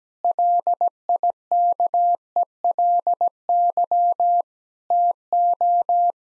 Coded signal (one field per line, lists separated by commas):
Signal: Morse code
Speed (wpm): 17 wpm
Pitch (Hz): 700 Hz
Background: none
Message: LIKELY TO